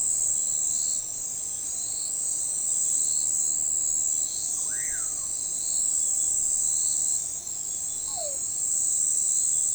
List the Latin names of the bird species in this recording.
Nyctidromus albicollis